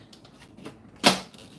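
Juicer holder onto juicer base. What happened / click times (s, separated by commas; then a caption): The plastic holder clicked into place on the base / 1.1 s. A big plastic holder is pushed onto a juicer base, with faint rustling and light taps before a sharp, loud click at 1.1 s that trails off over about 0.2 s. The holder is seated and clicked into place on the juicer.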